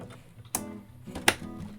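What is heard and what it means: A second RAM memory module is pushed into the other white DIMM slot on an Alienware Aurora R10 motherboard. Two sharp latch clicks, one for each end of the slot, come at 0.6 s and 1.3 s, with only faint, quieter handling sounds in between. The module is fully seated.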